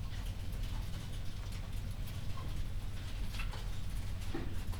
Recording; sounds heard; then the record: poultry house recording; sick chickens (respiratory disease)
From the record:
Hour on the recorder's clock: 22